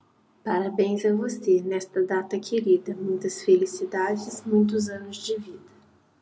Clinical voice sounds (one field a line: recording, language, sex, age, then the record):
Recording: short text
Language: Brazilian Portuguese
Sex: female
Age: 18 to 19 years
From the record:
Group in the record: control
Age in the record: 18 years